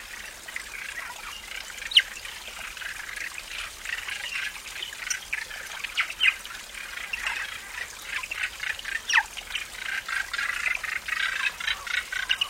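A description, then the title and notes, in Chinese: An autumn stream trickles and babbles steadily, its bright splashing dense and busy throughout. Small irregular bursts of water come every second or so, growing slightly livelier after the middle. Faint bird calls may sit behind the flow, with little low rumble. 大自然的声音_秋天溪流之歌。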